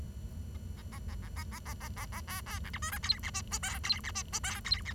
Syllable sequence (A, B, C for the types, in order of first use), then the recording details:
A A A A A A A A A A A B B C D E F G H I J K G H I J K G H. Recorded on 23 June 2012 at 08:45. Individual gr41rd51